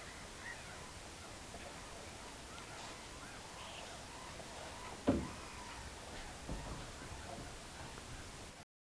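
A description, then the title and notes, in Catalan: Riet Vell lagoon in the Ebro Delta: a steady, hissing outdoor ambience with faint scattered calls and one sharp knock near five seconds. La llacuna del Riet Vell, al Delta de l'Ebre.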